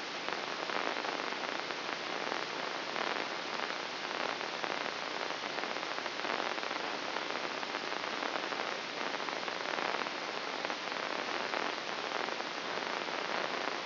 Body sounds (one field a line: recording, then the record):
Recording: brain microelectrode recording played as sound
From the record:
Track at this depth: inside the subthalamic nucleus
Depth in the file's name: 4.11 mm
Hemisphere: left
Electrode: 2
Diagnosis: Parkinson's disease